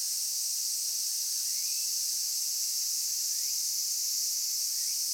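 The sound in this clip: Cicada song, a constant shrill electric hiss without pauses. Three faint upward-sliding whistles come through underneath.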